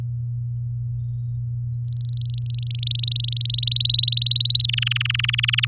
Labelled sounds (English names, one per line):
Domestic Canary song